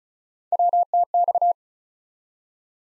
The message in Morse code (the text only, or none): WTX